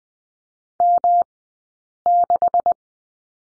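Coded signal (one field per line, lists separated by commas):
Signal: Morse code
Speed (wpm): 20 wpm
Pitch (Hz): 700 Hz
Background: none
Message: M6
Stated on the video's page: Morse code lesson drill on the number 6, two characters, sent with Farnsworth spacing at 20/10 wpm.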